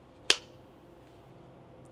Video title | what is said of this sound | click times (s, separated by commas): How To Wetform and Wax a Leather Sheath | Listen to this click. | 0.3 s